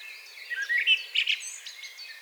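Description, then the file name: Common blackbird delivering a brief warbled phrase with a few fluty notes and thin high squeaks, partly blurred by steady background hiss. "Turdus merula"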